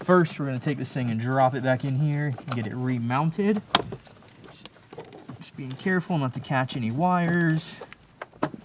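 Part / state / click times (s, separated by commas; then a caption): under-hood electrical box onto its mounting bracket in the engine bay / not seated / none. After wiring, an under-hood electrical box in a Super Duty truck's engine bay is dropped back into place and slid down toward its plastic mounting bracket, taking care not to catch any wires. Someone talks throughout, with faint handling taps and scrapes around 4.4–5.3 s and two sharper taps at 8.2 s and 8.4 s. Nothing has seated or clicked yet.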